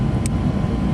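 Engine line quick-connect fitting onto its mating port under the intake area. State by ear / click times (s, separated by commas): seated / 0.3 s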